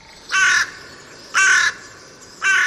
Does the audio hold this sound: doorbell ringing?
no